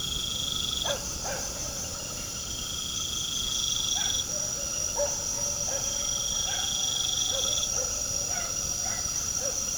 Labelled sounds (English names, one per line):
none